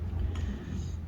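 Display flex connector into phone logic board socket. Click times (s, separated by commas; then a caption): 0.4 s. A display flex connector on an iPhone 8 / 8 Plus is pressed down by finger into its logic board socket after being checked that it sits right and stays in place when slid. A short, sharp snap at 0.4 s stands out over a steady low rumble. The connector seats into the socket.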